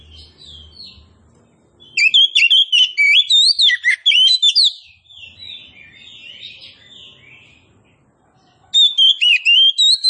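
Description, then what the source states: Oriental magpie-robin song: a long, lively stretch of varied loud whistles and quick warbles, with quieter twittering between the bursts. Local name kacer poci; described as gacor, singing actively.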